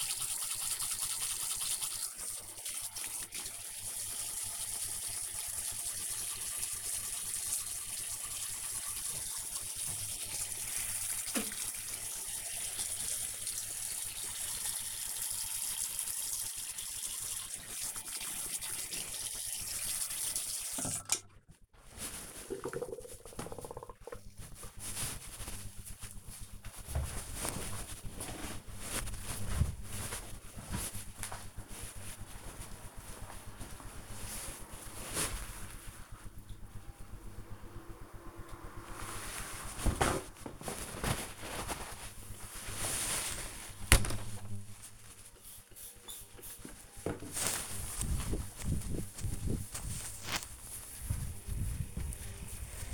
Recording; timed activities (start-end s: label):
household activities, microphone on the right wrist
0.00-22.30 s: brushing teeth
38.39-52.94 s: window cleaning